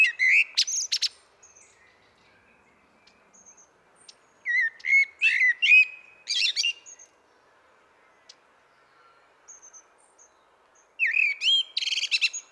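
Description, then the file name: Common blackbird song in three phrases, mellow fluting notes followed by thin, squeaky high twitters, with pauses of a few seconds between them. "Turdus merula"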